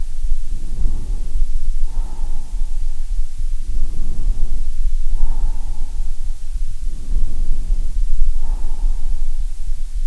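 Low rumbling chest sounds heard through a stethoscope on an adult chest, with heart sounds and slow breath cycles roughly every three seconds heard together.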